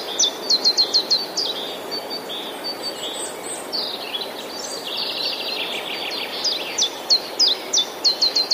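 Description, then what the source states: Common chiffchaff song, quick bursts of sharp high chips that open and close the stretch, while another songbird warbles a lower, rambling phrase in between. Recorded 11 April 2019, alongside other songbirds.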